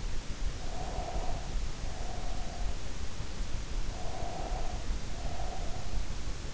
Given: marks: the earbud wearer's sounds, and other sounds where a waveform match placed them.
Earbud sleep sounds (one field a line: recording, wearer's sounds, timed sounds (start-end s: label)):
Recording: sounds in sleep by an in-ear microphone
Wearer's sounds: breath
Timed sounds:
0.67-2.78 s: breath
3.85-6.10 s: breath